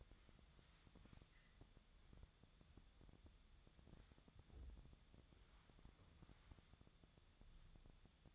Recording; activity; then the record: daily activity, microphone in the room; wipe stove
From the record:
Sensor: 3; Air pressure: 1004.8 hPa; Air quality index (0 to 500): 78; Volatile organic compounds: 2 ppm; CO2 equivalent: 1172 ppm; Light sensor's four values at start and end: 8/19/7/7 and 8/19/7/7